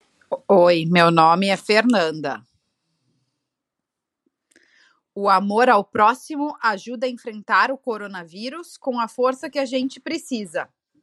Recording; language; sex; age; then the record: spoken sentence; Brazilian Portuguese; male; 30 to 39 years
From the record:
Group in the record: control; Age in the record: 33 years